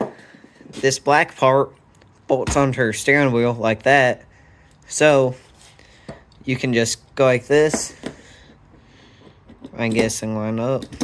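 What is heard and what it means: A steering wheel quick-release, whose black part bolts onto the steering wheel, is lined up with the hub on a go-kart steering shaft before being pushed on. Someone talks throughout, with a few faint, brief knocks between the words. Nothing has seated or clicked yet.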